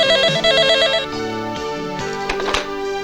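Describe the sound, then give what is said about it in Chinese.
A telephone rings with a bright electronic tone that warbles rapidly between two pitches for about a second, then continues as steadier, lower beeping tones with a few sharp clicks near the end. “今日成日电话噶。”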